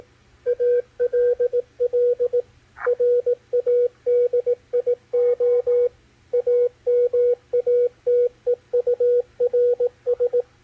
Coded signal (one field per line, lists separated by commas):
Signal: Morse code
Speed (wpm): 18 wpm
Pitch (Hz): 490 Hz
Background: none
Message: ALL RADIO AMATEURS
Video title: W1AW CW BULLETIN DECODE - MACHILITE DSP SDR RECEIVER 10-14-2021